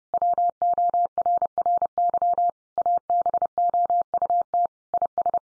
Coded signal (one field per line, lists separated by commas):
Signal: Morse code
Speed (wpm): 30 wpm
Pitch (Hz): 700 Hz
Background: none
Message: WORRY ABOUT IS